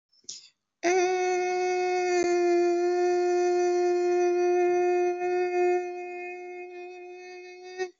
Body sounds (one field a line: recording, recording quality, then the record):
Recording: sustained vowel as in made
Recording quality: excellent, no background noise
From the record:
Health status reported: COVID-19 positive, mild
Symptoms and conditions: cough, cold, diabetes, ischaemic heart disease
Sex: female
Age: 52 years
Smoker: not ticked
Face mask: not worn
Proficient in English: no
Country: India